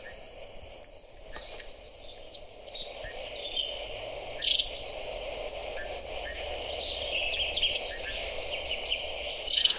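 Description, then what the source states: Long-tailed Tit song: very high, thin twittering trills and short rapid note series, followed by scattered faint high chips against a quiet background. Song, played back.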